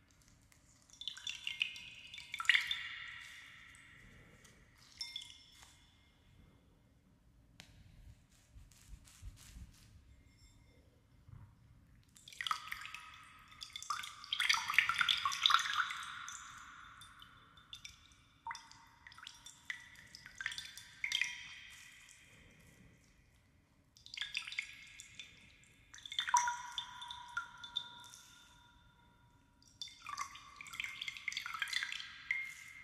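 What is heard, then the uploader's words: Water sloshes and trickles in short bursts, bright gurgling swirls recurring every few seconds, with quiet pauses between and faint drips. Water & liquid sounds, spray bottle, water globes.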